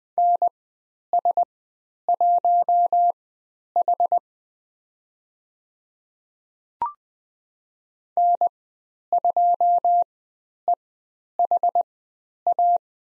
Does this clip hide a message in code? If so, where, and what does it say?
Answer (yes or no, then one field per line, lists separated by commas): yes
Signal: Morse code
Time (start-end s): 0.2-12.8 s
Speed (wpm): 20 wpm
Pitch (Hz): 700 Hz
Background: none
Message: NS1H N2EHA